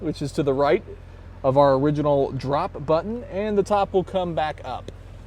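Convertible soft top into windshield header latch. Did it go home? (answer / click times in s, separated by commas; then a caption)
no / none. A man talks over a low steady hum as the interior button of a Porsche 911 Carrera S convertible, the one to the right of the top-lowering button, is pressed to raise the powered soft top toward its latch at the windshield header. No latching sound is heard; the top has not reached the windshield frame or locked in place yet.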